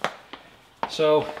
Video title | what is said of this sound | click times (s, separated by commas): Best Garage Flooring Options and Easy DIY Tile Install (Makeover Complete!) | if you step on it you can kind of hear it clicking into place as you go | 0.0 s, 0.3 s